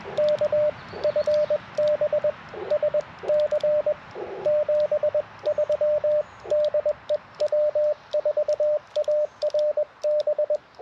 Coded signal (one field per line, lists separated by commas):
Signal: Morse code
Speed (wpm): 21 wpm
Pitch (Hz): 600 Hz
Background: radio noise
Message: K FB SC 73 DE W4ARB